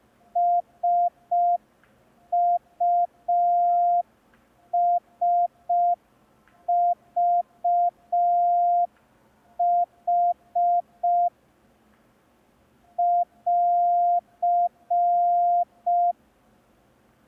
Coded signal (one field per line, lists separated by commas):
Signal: Morse code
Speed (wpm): 5 wpm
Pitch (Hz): 700 Hz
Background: none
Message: SUSVH <AR>